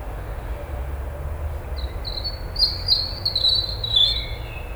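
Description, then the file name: European robin song: thin, high, tinkling notes sliding and wavering for a few seconds, over a steady low rumble. "Erithacus rubecula"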